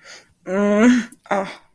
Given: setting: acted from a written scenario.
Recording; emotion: vocal sound without words; pain